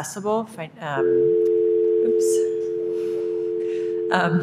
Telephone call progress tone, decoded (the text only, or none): dial tone